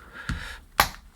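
The last plastic snap clip of a replacement earpad is pressed into the earcup of Sennheiser PXC 550 headphones. A softer tap at 0.3 s is followed by a sharp, loud snap at 0.8 s as the clip seats home.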